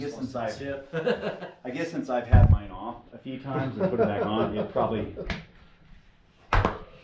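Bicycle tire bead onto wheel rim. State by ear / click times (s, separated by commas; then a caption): seated / 6.5 s. A mountain bike tire with a foam insert is worked onto the rim by hand while someone talks. After a quieter stretch, a sharp pop at 6.5 s marks the tire bead seating onto the rim.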